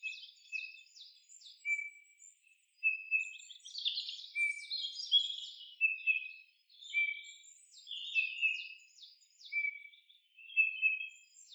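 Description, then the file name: Eurasian bullfinch giving soft, level piping whistles again and again, mixed with busier high chirping from other birds throughout. "Pyrrhula pyrrhula"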